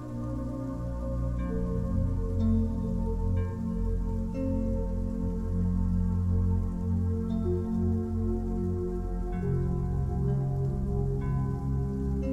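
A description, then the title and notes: Soft, sustained music fills the clip, warm low tones and held chords layered into a thick, steady wash that shifts slowly. Faint light taps, like drops, land about once a second in places. The level stays even throughout. Relaxing Sleep Music with Rain Sounds - Relaxing Music, Peaceful Piano Music, Meditation Music.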